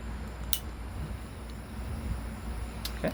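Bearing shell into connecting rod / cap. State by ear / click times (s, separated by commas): seated / 0.5 s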